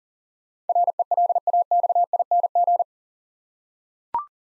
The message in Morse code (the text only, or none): RELAXING